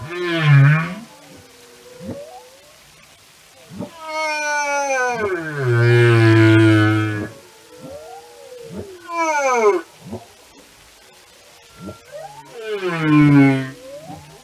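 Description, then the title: Whale song: loud harmonic cries sweeping downward, a deep harmonic moan, short upswept chirps between, and quieter gliding tones filling the gaps. Whale songs and communication. "Whale Behavior"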